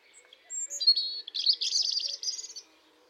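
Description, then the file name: European robin song opening with a pure high whistle, then a rapid, buzzy trilled warble that tumbles on for over a second. "Erithacus rubecula"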